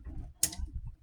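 During reassembly of a Bonney T-703 K flex-head ratchet, whose teardown was stubborn because of a bent spring, a small steel retaining spring is spread and worked around into the ratchet head. Low handling rustle leads to one sharp metallic snap at 0.4 s, followed by a faint tick. The spring seats in the head.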